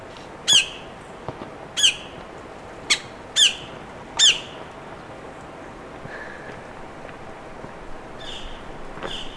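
Bird calls: five brief harsh squawks spaced a second or so apart, then quieter faint notes over steady hiss.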